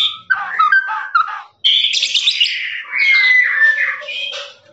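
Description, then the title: Lovebird chatter of shrill squeaks, then a long run of high buzzy notes with a thin falling whistle inside it. Long trilling 'ngekek' song used for training birds. "MASTERAN LOVEBIRD NGEKEK PANJANG"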